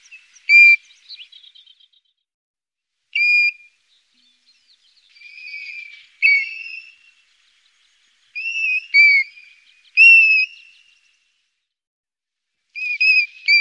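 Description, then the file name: European golden plover: scattered clear whistles, some steady and some slurred, with a few softer rippling notes between them and long silent gaps. "Ljungpipare"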